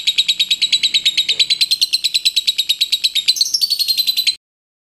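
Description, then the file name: Lovebird song as a fast, unbroken stream of shrill, buzzy pulses, each clipped note repeated several times a second, briefly climbing higher near the end before stopping. Lovebird of the liontin type. "audio lovebird liontin omkicau"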